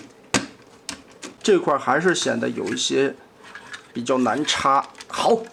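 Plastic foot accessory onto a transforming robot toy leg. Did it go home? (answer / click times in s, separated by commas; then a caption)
yes / 0.3 s. A large plastic foot accessory is clamped and pushed onto the leg of a large-scale MS (Magic Square) Hun Tian Bao transforming robot toy, fitting in despite being hard to insert. A loud plastic snap at 0.4 s marks it pressing firmly home, followed by a couple of lighter clicks near 0.9 s and 1.2 s. Someone talks throughout.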